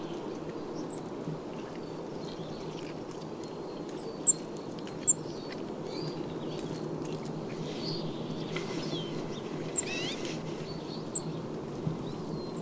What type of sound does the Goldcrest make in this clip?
call